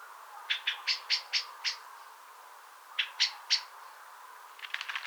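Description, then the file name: Common blackbird giving clipped chinking notes in two quick runs separated by a pause, with a softer scatter of ticks at the end. "Turdus merula"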